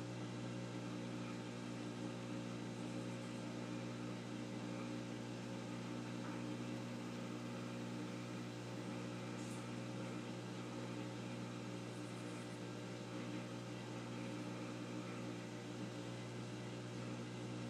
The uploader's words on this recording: ASMR Washing Machine.